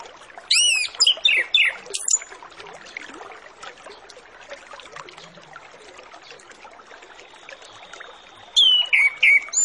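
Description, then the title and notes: Orange-headed Thrush singing a few loud, sweeping whistled notes, a long quiet hissy pause, then another quick run of bright notes. Full, richly varied master song used as a lure to get Orange-headed Thrushes to sing quickly and openly. "Masteran Anis Kembang Full Isian Untuk Suara Pancingan Anis Kembang Agar Cepat Ngeplong. Suara Burung Anis Kembang"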